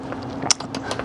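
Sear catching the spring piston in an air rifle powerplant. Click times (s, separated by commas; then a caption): 0.5 s. On a cut-away, restomodded Daisy Model 105B BB gun being cocked, the mainspring, a low-power precision Daisy 499 target-gun spring rather than the stock 105B or Red Ryder spring, is compressed until the sear engages and holds the spring piston. A sharp metallic click at 0.5 s marks the sear catching, with fainter mechanical ticks around it. The sear is latched and the spring stays compressed.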